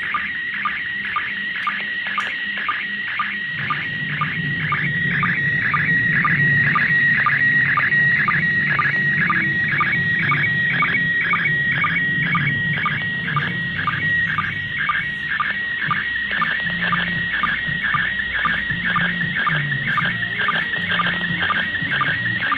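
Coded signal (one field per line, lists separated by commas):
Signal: SSTV (slow-scan television)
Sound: warbling tone near 2 kHz, chirping sync blip about twice a second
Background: radio static, low hum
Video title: DECODE SLOW SCAN TELEVISION (SSTV) via ISS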